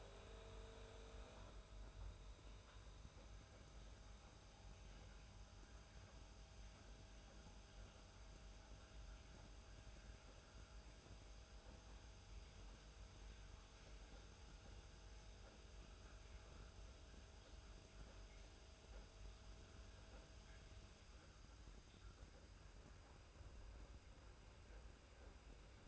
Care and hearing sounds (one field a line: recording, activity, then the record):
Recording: daily activity, microphone in the room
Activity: make coffee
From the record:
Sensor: 2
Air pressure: 991.6 hPa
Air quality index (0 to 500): 188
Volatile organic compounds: 1000 ppm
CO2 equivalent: 6132 ppm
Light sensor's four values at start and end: 32/96/37/36 and 32/96/37/36